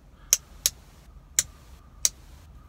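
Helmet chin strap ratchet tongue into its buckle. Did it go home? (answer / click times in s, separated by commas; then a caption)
yes / 0.3 s, 0.7 s, 1.4 s, 2.0 s. The ratchet tongue of a motorcycle helmet chin strap is pushed into its buckle, clicking in tooth by tooth with sharp, bright ticks at 0.3, 0.7, 1.4 and 2.1 seconds over a low background rumble. The tongue seats fully at six clicks, more than the two wanted, so the strap is held by at least two teeth.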